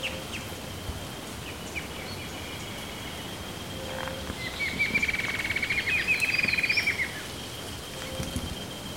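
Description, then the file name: Bird call: one fast rattling series of high notes lasting about two seconds, with faint background hiss and a steady high tone. "SABIOD 50 bird 2015"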